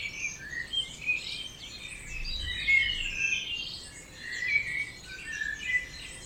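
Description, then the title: Birds in full chorus, many high twittering and whistled phrases overlapping continuously, with a faint low rumble midway. Dawn chorus at 4am in Oberhofen, Inntal, Austria; binaural recording. "Birds Oberhofen Inntal Austria - 4am - binaural version"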